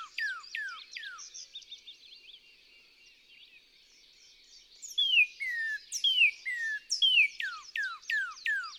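Northern cardinal song: a series of quick, clear downslurred whistles, a soft chattering trill and a quiet pause, then a louder series of slurred whistles.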